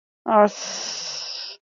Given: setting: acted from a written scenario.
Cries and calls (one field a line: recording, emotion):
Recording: vocal sound without words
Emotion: contempt